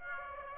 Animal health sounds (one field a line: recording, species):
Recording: mosquito wingbeat signal from an infrared sensor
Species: Aedes aegypti